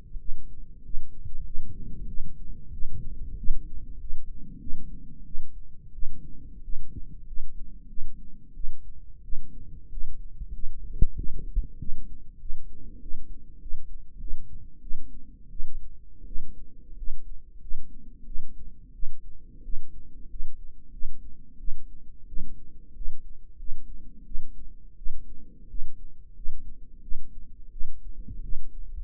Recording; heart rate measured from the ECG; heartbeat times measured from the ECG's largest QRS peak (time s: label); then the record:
heart sounds by microphone in the right ear; 91 bpm
0.20 s: heartbeat
0.84 s: heartbeat
1.45 s: heartbeat
2.08 s: heartbeat
2.73 s: heartbeat
3.38 s: heartbeat
3.99 s: heartbeat
4.60 s: heartbeat
5.26 s: heartbeat
5.93 s: heartbeat
6.63 s: heartbeat
7.26 s: heartbeat
7.88 s: heartbeat
8.55 s: heartbeat
9.23 s: heartbeat
9.91 s: heartbeat
10.53 s: heartbeat
11.17 s: heartbeat
11.79 s: heartbeat
12.40 s: heartbeat
13.01 s: heartbeat
13.60 s: heartbeat
14.19 s: heartbeat
14.82 s: heartbeat
15.51 s: heartbeat
16.26 s: heartbeat
16.97 s: heartbeat
17.61 s: heartbeat
18.26 s: heartbeat
18.94 s: heartbeat
19.64 s: heartbeat
20.29 s: heartbeat
20.92 s: heartbeat
21.59 s: heartbeat
22.27 s: heartbeat
22.95 s: heartbeat
23.58 s: heartbeat
24.26 s: heartbeat
24.97 s: heartbeat
25.69 s: heartbeat
26.35 s: heartbeat
27.02 s: heartbeat
27.72 s: heartbeat
28.43 s: heartbeat
From the record:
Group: healthy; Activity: rest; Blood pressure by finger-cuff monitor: 103/62 mmHg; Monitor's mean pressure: 74 mmHg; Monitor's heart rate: 91 bpm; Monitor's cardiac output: 7.6 L/min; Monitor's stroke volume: 83 mL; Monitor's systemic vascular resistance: 710 dyn s/cm5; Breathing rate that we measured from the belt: 19 breaths a minute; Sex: female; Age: 22 years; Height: 163 cm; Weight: 67.1 kg